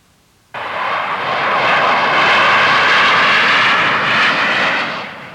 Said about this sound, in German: Das ist ein Lufthansa-Flugzeug von Düsseldorf nach München. Von Düsseldorf nach München.